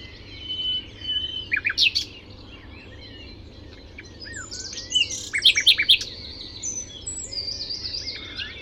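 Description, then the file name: Common nightingale song: two bursts of loud, fast repeated notes separated by quieter high twittering and whistles. "Luscinia megarhynchos"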